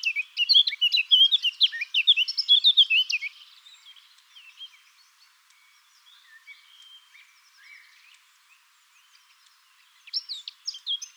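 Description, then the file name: Eurasian blackcap singing a loud, fast twittering warble for about three seconds, then softer scattered notes, before another bright burst of song near the end. "Sylvia atricapilla"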